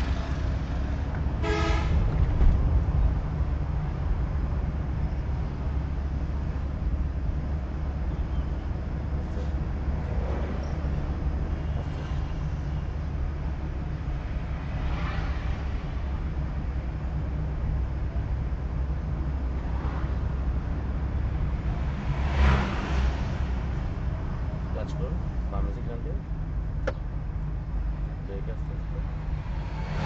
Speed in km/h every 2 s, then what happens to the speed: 24, 25, 27, 31, 29, 30, 31, 31, 31, 29, 29, 28, 28, 27, 26.
0-6 speeds up to 31. 6-30 steady at about 29.